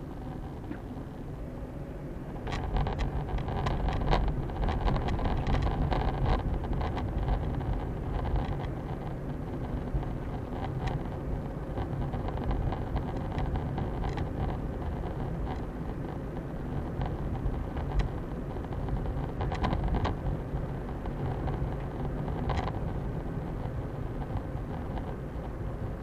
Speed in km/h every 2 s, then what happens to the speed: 29, 32, 35, 38, 40, 41, 41, 41, 42, 42, 43, 43, 44.
0-8 speeds up to 40. 8-26 steady at about 42.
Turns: none.